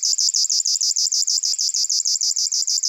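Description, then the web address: River warbler song: a fast, steady, insect-like buzzing of high pulsed notes, about six to seven per second, repeated evenly throughout with no other sounds. "Locustella fluviatilis"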